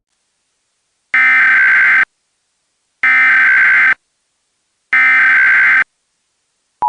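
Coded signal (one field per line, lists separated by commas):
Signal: Emergency Alert System (SAME) tones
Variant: header bursts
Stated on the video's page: Fictional satirical EAS scenario based on Half-Life and SCP, with valid SAME headers, made with EASyKIT.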